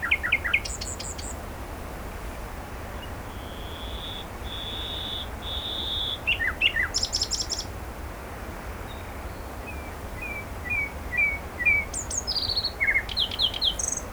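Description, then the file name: Common nightingale song: varied phrases with sharp chirps, buzzy high bursts, long drawn whistles and a quiet run of soft repeated notes, separated by pauses, with steady background hiss. "Luscinia megarhynchos"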